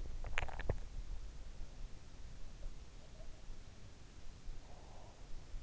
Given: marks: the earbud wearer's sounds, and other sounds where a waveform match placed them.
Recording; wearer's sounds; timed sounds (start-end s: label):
sounds in sleep by an in-ear microphone; swallowing
0.12-1.12 s: swallowing
2.68-5.36 s: sound from someone else or the room